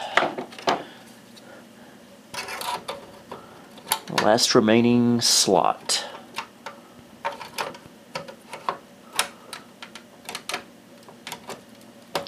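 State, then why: Not seated. A 3Dfx Voodoo 1 graphics card is lined up with the last free expansion slot on the motherboard of a Packard Bell PC and handled as it is pushed toward the slot. Someone talks over scattered sharp clicks, taps and handling noises, with a brief sustained tonal sound in the middle. The card has not seated or clicked into place yet.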